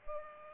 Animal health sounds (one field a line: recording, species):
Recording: mosquito wingbeat signal from an infrared sensor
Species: Culex pipiens